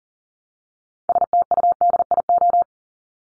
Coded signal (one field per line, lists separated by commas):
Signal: Morse code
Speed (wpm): 40 wpm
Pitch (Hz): 700 Hz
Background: none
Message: STUDIO